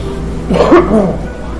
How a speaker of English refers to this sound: got this cough. Sucks. Uh-huh. 3 days. Feel okay. Just kind of a congestion in your throat. And you... Yeah, it's like a tickle that forces me to cough.